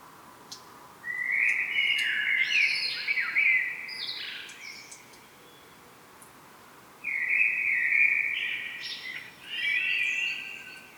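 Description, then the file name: Common blackbird song: two rich whistled phrases with high twittering notes, separated by a few seconds of quiet. "Turdus merula"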